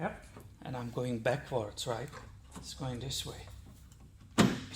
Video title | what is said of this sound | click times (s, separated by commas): Toyota Tundra - time for a new headlights | should click which you heard it's perfectly the Gap is perfect here and | 3.9 s